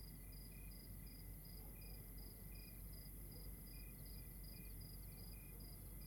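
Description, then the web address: Crickets give fast, evenly spaced high chirps layered with slower lower pulses, a constant whine and low rumble filling the background. Outdoors at night in Rwanda. "Monte Sound - Atmospheres of Rwanda AMB External Rwanda Night Crickets"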